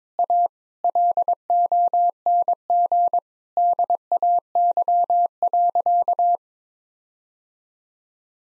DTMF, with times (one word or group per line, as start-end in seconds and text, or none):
none